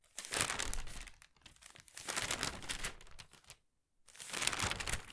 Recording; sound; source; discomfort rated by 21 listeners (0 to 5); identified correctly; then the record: sound for misophonia research; flipping newspaper; not oral or nasal; mean 1.00, standard deviation 0.85; in 42 of 42 trials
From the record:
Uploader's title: newspaper flipping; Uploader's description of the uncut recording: Flipping the pages of a newspaper at different speeds. Recorded with ZoomH4n.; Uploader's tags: flipping, flip, paper, pages, newspaper